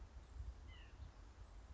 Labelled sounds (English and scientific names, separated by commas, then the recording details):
White-breasted Nuthatch (Sitta carolinensis)
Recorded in Sonoma County, California